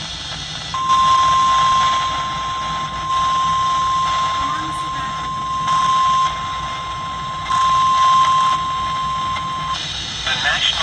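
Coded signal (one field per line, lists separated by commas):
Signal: Emergency Alert System (SAME) tones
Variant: 1050 Hz attention tone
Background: speech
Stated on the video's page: Maryland EAS alerts.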